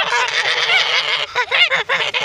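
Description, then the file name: Goose: geese give a continuous run of loud, nasal honks, overlapping calls with some rising and falling notes. "Odglosy zwierzat gesi"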